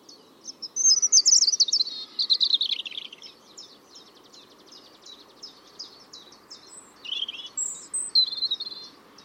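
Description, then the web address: European robin singing high, tinkling phrases, a long bright warble with quick trills near the start, followed by softer, varied twittering bursts separated by short pauses. "Deverinetal 2025 File origin Bird Only Er Ru"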